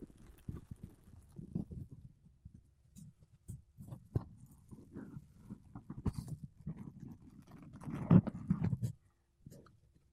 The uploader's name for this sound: Mic Brushing Using Makeup Brushes and Sponge